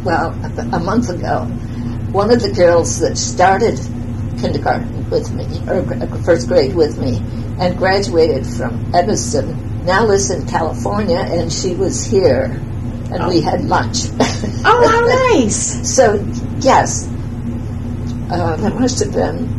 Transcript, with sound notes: well a month ago, one of the girls that started kindergarten with me or first grade with me and graduated from Edmeston now lives in California and she was here and we had lunch. [laughs]
Oh how nice!
So yes. There must have been